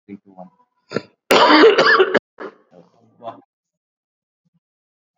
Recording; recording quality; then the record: heavy voluntary cough; excellent, no background noise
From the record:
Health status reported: COVID-19 positive, mild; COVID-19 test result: positive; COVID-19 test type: RT-PCR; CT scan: taken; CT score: 22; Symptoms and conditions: cough, cold, sore throat, fever, fatigue, muscle pain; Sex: male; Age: 45 years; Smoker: no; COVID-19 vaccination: both doses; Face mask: worn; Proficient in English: yes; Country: India